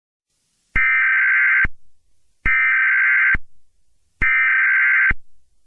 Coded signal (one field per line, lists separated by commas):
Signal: Emergency Alert System (SAME) tones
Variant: header bursts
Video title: EAS Scenario: World War 3